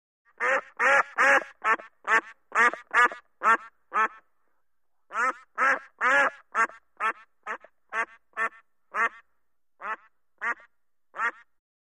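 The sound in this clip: Duck quacking in loud, nasal bursts: a rapid run of several quacks, a brief pause, then another series, more widely spaced toward the end.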